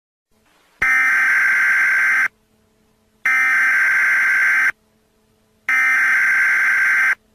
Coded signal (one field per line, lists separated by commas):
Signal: Emergency Alert System (SAME) tones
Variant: header bursts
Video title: Super Mario Galaxy’s Ending, EAS Styled!